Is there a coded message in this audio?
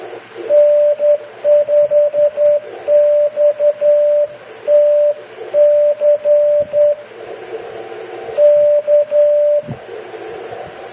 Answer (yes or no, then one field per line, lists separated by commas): yes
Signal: Morse code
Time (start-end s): 0.5-9.6 s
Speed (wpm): 10 wpm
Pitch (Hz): 590 Hz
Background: radio noise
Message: N5XTC K